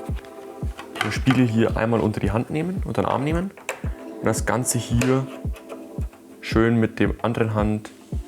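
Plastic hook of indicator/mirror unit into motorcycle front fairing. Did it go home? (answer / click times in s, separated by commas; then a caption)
no / none. Someone talks while guiding the front indicator and mirror unit of a BMW M 1000 RR by hand, threading it into the motorcycle's front fairing so its plastic hook can engage, with a few faint handling knocks. The plastic hook has not clicked into place yet, and nothing has seated.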